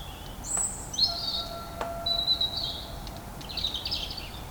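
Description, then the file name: European robin singing thin, high warbling phrases with brief trills, several short bursts spread over a few seconds against a steady background hiss. "Erithacus rubecula"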